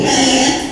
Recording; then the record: squeal of a Yucatan mini pig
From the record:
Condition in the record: before surgery on the right vocal fold (resection and tissue-engineered implant); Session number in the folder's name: 2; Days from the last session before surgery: 0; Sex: male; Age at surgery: 12 weeks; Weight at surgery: 13 kg